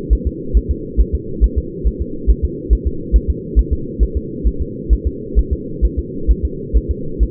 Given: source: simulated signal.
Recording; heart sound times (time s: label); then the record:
fetal heart sounds
0.13 s: S1
0.27 s: S2
0.57 s: S1
0.71 s: S2
1.00 s: S1
1.15 s: S2
1.44 s: S1
1.58 s: S2
1.87 s: S1
2.02 s: S2
2.30 s: S1
2.45 s: S2
2.73 s: S1
2.87 s: S2
3.16 s: S1
3.30 s: S2
3.59 s: S1
3.73 s: S2
4.03 s: S1
4.17 s: S2
4.47 s: S1
4.62 s: S2
4.93 s: S1
5.07 s: S2
5.39 s: S1
5.53 s: S2
5.85 s: S1
5.99 s: S2
6.31 s: S1
6.45 s: S2
6.77 s: S1
6.91 s: S2
7.23 s: S1
From the record:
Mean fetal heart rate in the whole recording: 135 bpm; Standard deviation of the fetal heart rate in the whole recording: 3 bpm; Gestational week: 34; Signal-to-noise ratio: -4.3 dB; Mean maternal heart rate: 72 bpm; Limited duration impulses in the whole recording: absent